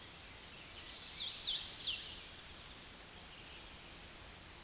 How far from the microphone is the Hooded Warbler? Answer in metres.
about 40 m